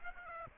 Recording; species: mosquito wingbeat signal from an infrared sensor; Aedes aegypti